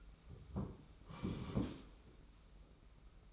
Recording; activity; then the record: daily activity, microphone in the room; sit down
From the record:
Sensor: 1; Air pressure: 991.7 hPa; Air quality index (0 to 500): 163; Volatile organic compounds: 1000 ppm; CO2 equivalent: 6119 ppm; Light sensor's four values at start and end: 30/101/39/40 and 31/103/40/41